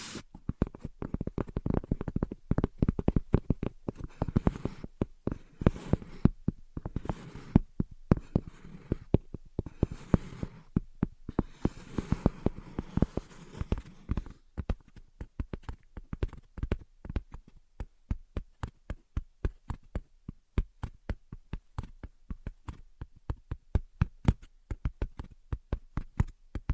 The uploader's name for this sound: Invisible Tapping and Scratching